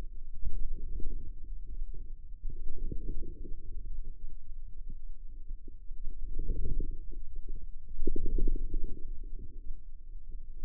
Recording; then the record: forearm muscle sounds (acoustic myography)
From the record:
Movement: ulnar deviation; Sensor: system 2, bracelet of six BSWA MPA416 microphones around the upper forearm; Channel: 2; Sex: female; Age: 25 years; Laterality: right